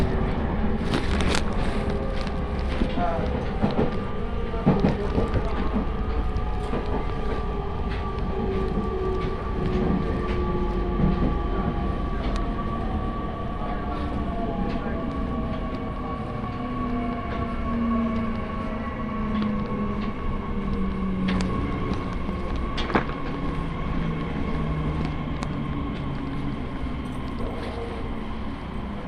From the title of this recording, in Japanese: 鉄道旅 常磐線 南中郷→勝田